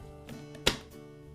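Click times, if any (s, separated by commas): 0.7 s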